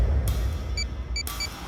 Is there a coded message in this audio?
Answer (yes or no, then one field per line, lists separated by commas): no